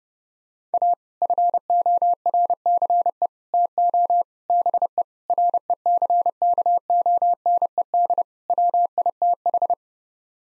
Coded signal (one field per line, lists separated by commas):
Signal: Morse code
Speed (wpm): 32 wpm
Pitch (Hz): 700 Hz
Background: none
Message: A FORCE TO BE RECKONED WITH